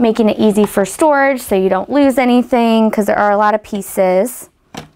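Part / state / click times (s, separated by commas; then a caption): vacuum accessory tool into its storage clip / not seated / none. A plastic accessory tool for a Dyson DC44 or DC35 cordless stick vacuum is handled and pushed toward its plastic storage clip while someone talks through most of the clip, and a brief sharp sound comes near 4.8 s. The tool has not seated or clicked into the clip yet when the clip ends.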